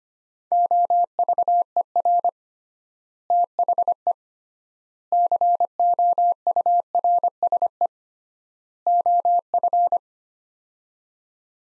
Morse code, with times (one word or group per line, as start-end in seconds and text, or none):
0.5-2.3 OVER
3.3-4.1 THE
5.1-7.9 COURSE
8.9-10.0 OF